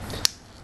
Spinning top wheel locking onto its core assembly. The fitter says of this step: to lock them together yep